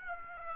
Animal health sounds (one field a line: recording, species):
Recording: mosquito wingbeat signal from an infrared sensor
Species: Aedes aegypti